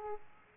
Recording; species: mosquito wingbeat signal from an infrared sensor; Aedes aegypti